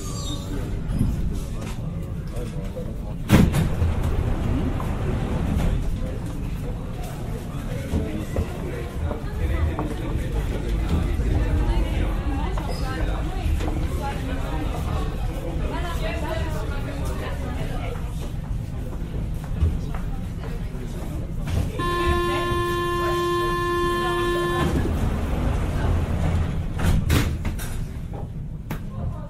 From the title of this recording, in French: Métro parisien